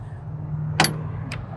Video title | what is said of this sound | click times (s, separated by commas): The Ultimate Overland Bed Rack: Unveiled! | this pops down | 0.8 s